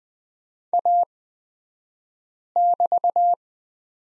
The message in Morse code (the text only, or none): A<BT>